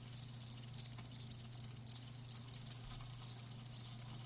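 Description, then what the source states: Cricket chirps in short high pulses, with quieter chirring between them and a constant low hum underneath. Live crickets chirping, a lulling song.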